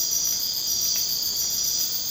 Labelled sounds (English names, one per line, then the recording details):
none
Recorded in secondary vegetation near Puerto Asís, Putumayo, Colombia, on 27 June 2025 at 01:00
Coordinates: 0.484, -76.319
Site G074